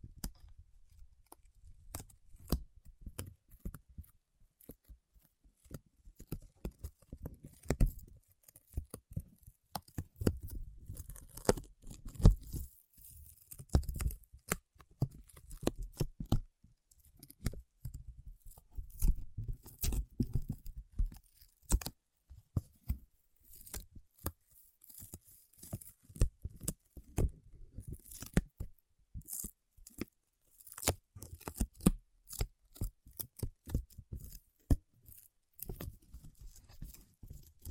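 Paraffin wax being peeled, tapped and scratched, heard as a dense run of sharp clicks, snaps and crackles scattered irregularly across the whole clip. Soft low rubbing and scraping sits underneath, swelling around the middle, while the bright ticks come in quick uneven bursts.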